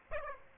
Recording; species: mosquito wingbeat signal from an infrared sensor; Aedes aegypti